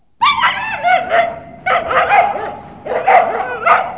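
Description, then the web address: Animal giving three bursts of harsh, yelping barks, each burst about a second long and separated by short gaps. "动物的叫声"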